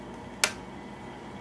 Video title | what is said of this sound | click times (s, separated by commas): Shark Rotator NV500 Maintenance Guide - Filter Change, Brushroll Clean, Hose Replacement | I don't know if you heard that click | 0.4 s